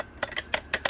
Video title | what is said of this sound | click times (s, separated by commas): GVM 80W Video Light, Studio Lights for Photography, Softbox Lighting Kit with Bowens Mount, CRI97+ | You can see it's locked. | 0.5 s